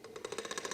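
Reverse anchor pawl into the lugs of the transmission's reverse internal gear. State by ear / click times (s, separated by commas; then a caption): not seated / none. On a 1940s automatic transmission, the metal reverse anchor pawl fails to lock into the lugs on the reverse internal gear's ring and ratchets over them. The result is a rapid series of grinding clicks, with sharp hits at about 0.4, 0.5, 0.6, 0.7 and 0.8 seconds. Nothing has seated or locked in.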